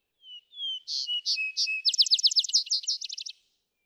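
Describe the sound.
Vesper sparrow song: soft opening whistles, several buzzy notes, then a fast trill of sharp descending notes that ends abruptly; quiet background.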